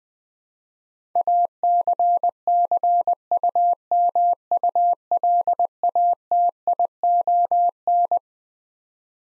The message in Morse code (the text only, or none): ACCUMULATION